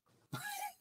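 A single abrupt, harsh cough from an adult man follows a brief quiet lead-in and fades within about half a second. It is one isolated cough, with faint room noise behind it.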